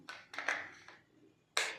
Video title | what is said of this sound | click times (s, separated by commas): A Beginner's Camera Gears Story - Full Products History & Description - Lens K Photography - Tamil - | அந்த ஒரு clip sound கேட்கும் so lens hood lock ஆயிருக்கு அப்படின்னு சொல்லி சோ | 1.6 s